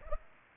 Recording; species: mosquito wingbeat signal from an infrared sensor; Culex pipiens